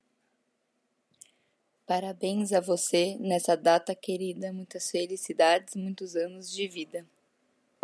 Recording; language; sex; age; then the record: short text; Brazilian Portuguese; female; 30 to 39 years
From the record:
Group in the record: control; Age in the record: 32 years